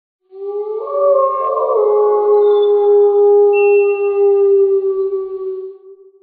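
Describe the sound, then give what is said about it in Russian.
A wolf howls once in a forest at night: one long, steady, mid-pitched wail with a rich harmonic tone that swells in, holds for several seconds, then trails off, with no talking. “И Таня присела на задние лапы, распознав волчий вой.”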